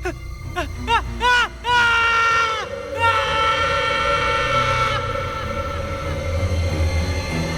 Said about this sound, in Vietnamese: Lúc này gương mặt ác quỷ hiện ra rõ mồn một trước mắt, khiến cho gã hoảng sợ lùi về phía sau rồi ngã xuống cầu thang. Trong ngôi nhà lớn bỗng vang lên một tiếng hét thảm.